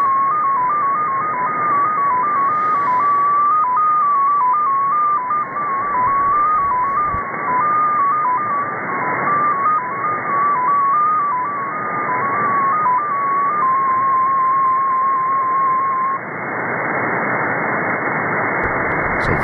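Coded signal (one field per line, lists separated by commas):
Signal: multi-tone FSK (Olivia or MFSK type)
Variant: XPA2 MFSK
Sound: single tone hopping between several nearby pitches in steady steps, over hiss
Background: radio static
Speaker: this is russian number station coming out of moscow russia it's a very short message sometimes it can linger for a long time but this time around very very short message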